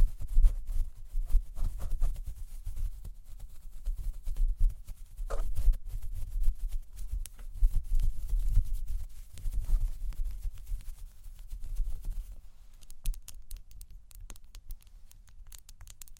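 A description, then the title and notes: Fingers brush and tap right against a microphone, making a dense, muffled low rumble full of soft thumps. A sharper knock lands around five seconds. In the last few seconds the rubbing thins out, leaving quieter scrapes and small bright ticks. ASMR Fall Asleep To Mic Brushing & Tapping (No Talking).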